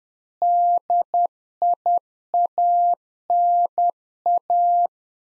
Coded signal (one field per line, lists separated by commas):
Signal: Morse code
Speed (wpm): 10 wpm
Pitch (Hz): 700 Hz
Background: none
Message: DIANA